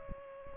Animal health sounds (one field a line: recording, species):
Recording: mosquito wingbeat signal from an infrared sensor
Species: Aedes aegypti